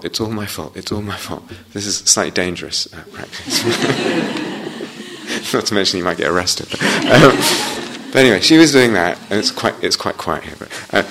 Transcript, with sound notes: It's all my fault. It's all my fault." This is a slightly dangerous practice. [laughter] Not to mention you might get arrested. [laughter] But anyway, she was doing that, and it's quite quiet here, but.